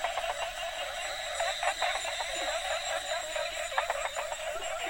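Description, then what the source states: Frogs calling densely together, a busy wash of short overlapping notes over a continuous buzzing drone. Mixed variety of Asian frog species calling together.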